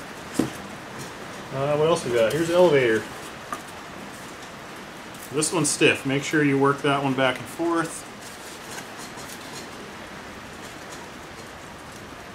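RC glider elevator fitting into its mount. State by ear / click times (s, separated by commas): not seated / none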